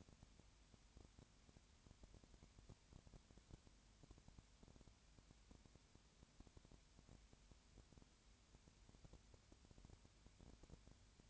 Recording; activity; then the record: daily activity, microphone in the room; no activity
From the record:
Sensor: 2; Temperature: 20.4 degrees Celsius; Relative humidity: 35.5%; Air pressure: 1007.1 hPa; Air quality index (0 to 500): 122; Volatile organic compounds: 2 ppm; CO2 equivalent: 1258 ppm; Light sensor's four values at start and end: 2/3/2/2 and 2/3/2/2